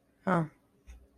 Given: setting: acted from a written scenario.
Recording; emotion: vocal sound without words; neutral